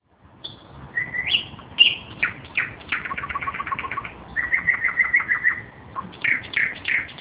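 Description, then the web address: Nightingale singing: a varied phrase of whistled notes, then fast repeated rattling pulses and a run of rapid chipping notes, in a quiet background. Recorded on 7 May 2012. "2012 05 07 solovei"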